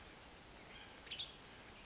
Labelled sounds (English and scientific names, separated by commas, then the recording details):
Western Tanager (Piranga ludoviciana)
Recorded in Sonoma County, California